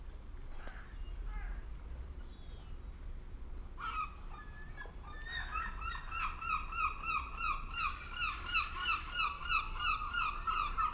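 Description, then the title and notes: Gulls calling, a long run of rapid, repeated yelping notes building from about four seconds into a dense rhythmic chorus, over a low steady background rumble. Gulls with lapping water in the fishing harbour of Reine, Sørvågen, Norway, at noon; all calm, fishermen, tourists and traffic; recorded on a MixPre-6 II with DPA 4041 microphone in Cinela PIA2. "PORT DE PECHE AU REPOS _ Gamle Sørvågen 12, 8392 Sørvågen, Norvège - MOUETTES ET CLAPOTIS PORT DE PECHE. MOUETTES ET CLAPOTIS dans le port de Reine. Il est midi et tout est calme, pêcheurs, touristes et circulation"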